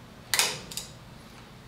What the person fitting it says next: when you hear that little snap you can actually see that snapped into place